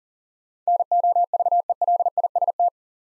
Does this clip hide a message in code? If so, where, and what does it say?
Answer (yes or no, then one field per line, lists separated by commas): yes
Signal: Morse code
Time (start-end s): 0.7-2.7 s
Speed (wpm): 40 wpm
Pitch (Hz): 700 Hz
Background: none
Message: NOVELIST